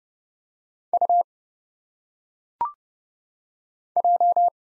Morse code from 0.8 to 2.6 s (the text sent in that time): U